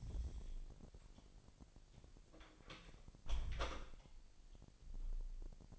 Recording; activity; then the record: daily activity, microphone in the room; close door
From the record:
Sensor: 5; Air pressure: 1001.3 hPa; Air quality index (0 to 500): 248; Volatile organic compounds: 35 ppm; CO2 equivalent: 3064 ppm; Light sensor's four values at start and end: 32/75/29/27 and 34/79/31/29